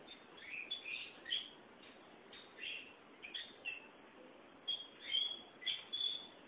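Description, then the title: Oriental magpie-robin song: short high whistled and chirping phrases in bursts with pauses between, over a faint steady hiss. Chirping song (kicauan) of the bird. "Suara Kicauan Burung Kacer Durasi Panjang"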